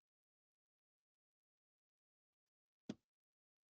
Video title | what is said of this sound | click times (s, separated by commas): "Crossdeck" Episode 83 - X-Arcade Haptics Kit LIVE Unboxing/Install | till it snaps into place. And right speakers | 2.9 s